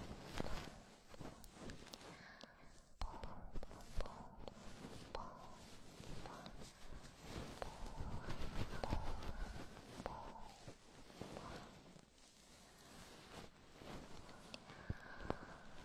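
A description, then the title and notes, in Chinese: Goose-feather ear cleaning: dense, scratchy rustling and crackling strokes with sharp clicks scattered throughout, fairly steady in level, plus occasional brief squeaks. 鹅毛棒掏耳朵 轻语。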